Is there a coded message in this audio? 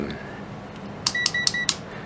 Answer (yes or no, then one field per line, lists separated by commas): no